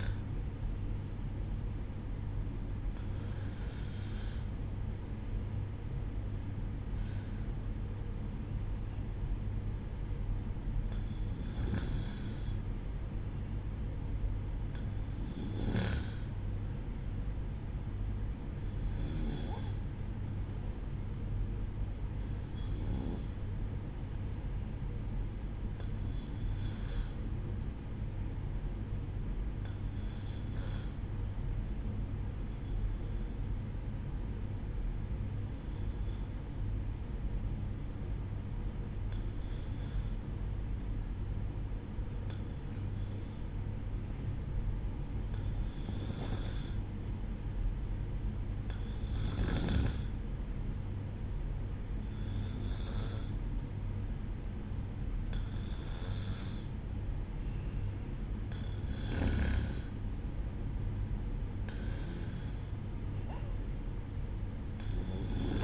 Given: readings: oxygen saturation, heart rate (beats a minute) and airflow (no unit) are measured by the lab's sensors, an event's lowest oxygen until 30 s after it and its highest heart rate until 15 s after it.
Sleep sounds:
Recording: breathing in sleep by a smartphone at the bedside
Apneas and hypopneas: 1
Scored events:
31.00-59.00 s: hypopnea (N1, oxygen 95% highest, then 94% lowest, heart rate 61 at the start, 62 highest)
From the record:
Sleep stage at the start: N1 (lightest sleep)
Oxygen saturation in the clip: 94 to 96%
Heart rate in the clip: 59 to 70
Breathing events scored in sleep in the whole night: 305 in 9.6 hours asleep

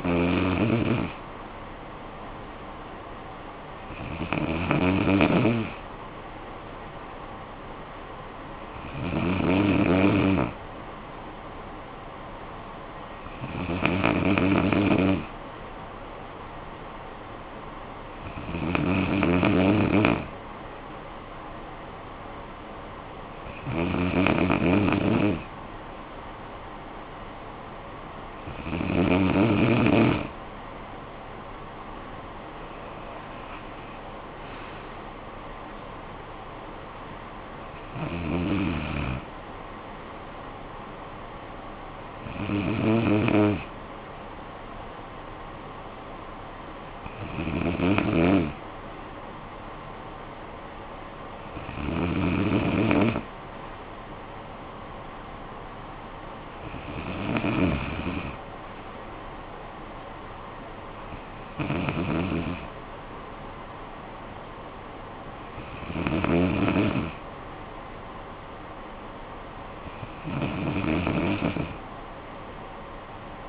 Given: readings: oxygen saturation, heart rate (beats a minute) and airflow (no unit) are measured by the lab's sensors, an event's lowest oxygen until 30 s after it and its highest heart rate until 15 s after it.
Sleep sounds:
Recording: breathing in sleep by a voice recorder at the bedside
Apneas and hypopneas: none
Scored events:
none scored
From the record:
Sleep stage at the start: N2 (light sleep)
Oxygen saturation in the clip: 93 to 95%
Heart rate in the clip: 52 to 71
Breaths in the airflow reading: 16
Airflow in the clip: -14.9 to 8.3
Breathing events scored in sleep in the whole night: 445 in 7.6 hours asleep

